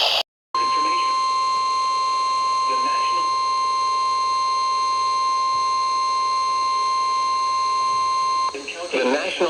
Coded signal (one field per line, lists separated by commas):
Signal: Emergency Alert System (SAME) tones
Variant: 1050 Hz attention tone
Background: speech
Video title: CRAZANITY VI: MARCH MADNESS... EAS Alerts from 3/7/22 (EAS #844-874)